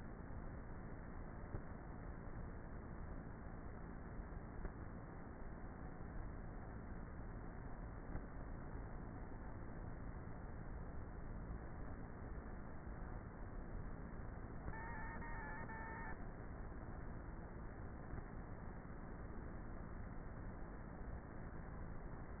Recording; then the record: honeybee colony, microphone inside the hive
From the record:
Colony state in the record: queenless with a low population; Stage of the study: before two queens were removed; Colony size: about 30,000 bees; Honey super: no